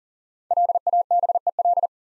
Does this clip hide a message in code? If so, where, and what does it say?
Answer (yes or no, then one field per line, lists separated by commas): yes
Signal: Morse code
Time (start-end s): 0.5-1.9 s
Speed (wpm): 38 wpm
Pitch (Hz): 700 Hz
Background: none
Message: LABEL